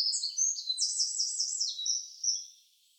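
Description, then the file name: Eurasian wren song fragment: shrill twittering notes leading into a rapid, sharp rattling trill, then a few quick high notes fading away. "Troglodytes troglodytes"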